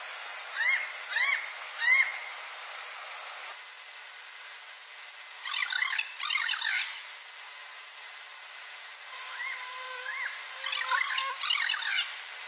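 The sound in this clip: Bird calls, three sharp harmonic notes at first, then overlapping bursts of similar calls mixed with softer tonal notes, irregular and uneven, over a steady background hiss.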